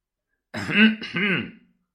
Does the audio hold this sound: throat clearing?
yes